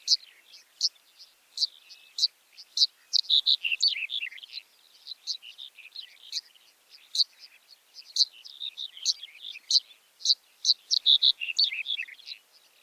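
Red-headed bunting giving a long stream of high chirps and sharp ticks, with bursts of rapid twittering.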